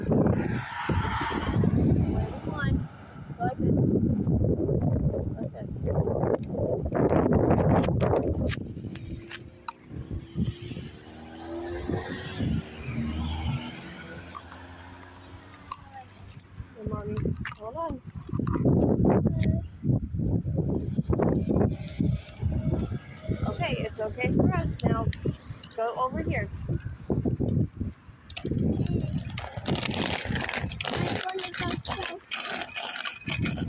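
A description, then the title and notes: A bike rolls over pavement with a steady low rumble while voices talk through most of the recording. Around the middle the talking drops away and a passing car's drone swells and fades before the chatter picks up again. I took my son to ride his bike. Listen to cars driving by, a bike against the pavement and talking.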